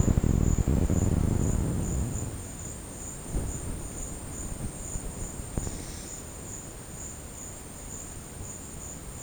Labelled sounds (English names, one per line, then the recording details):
none
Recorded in secondary vegetation near Puerto Asís, Putumayo, Colombia, on 19 March 2025 at 13:00
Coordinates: 0.481, -76.318
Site G097